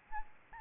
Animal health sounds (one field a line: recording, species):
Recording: mosquito wingbeat signal from an infrared sensor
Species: Aedes albopictus